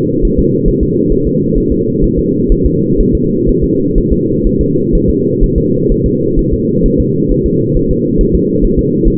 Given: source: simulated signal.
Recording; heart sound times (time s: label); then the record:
fetal heart sounds
0.25 s: S1
0.39 s: S2
0.68 s: S1
0.83 s: S2
1.12 s: S1
1.27 s: S2
1.58 s: S1
1.72 s: S2
2.04 s: S1
2.19 s: S2
2.52 s: S1
2.66 s: S2
3.00 s: S1
3.15 s: S2
3.49 s: S1
3.64 s: S2
3.98 s: S1
4.12 s: S2
4.47 s: S1
4.61 s: S2
4.95 s: S1
5.10 s: S2
5.44 s: S1
5.58 s: S2
5.92 s: S1
6.06 s: S2
6.39 s: S1
6.53 s: S2
6.86 s: S1
7.00 s: S2
7.32 s: S1
7.46 s: S2
7.77 s: S1
7.91 s: S2
8.21 s: S1
8.35 s: S2
8.64 s: S1
8.79 s: S2
9.08 s: S1
From the record:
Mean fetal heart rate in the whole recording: 130 bpm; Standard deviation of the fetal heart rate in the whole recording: 4 bpm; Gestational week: 38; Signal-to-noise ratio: -11.2 dB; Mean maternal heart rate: 72 bpm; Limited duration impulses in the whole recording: present